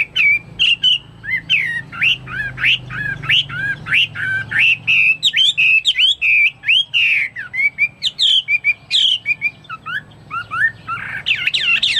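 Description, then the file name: Chinese hwamei singing densely and energetically, a tumbling stream of whistled and warbled notes with hardly a break. "omkicau hwamei"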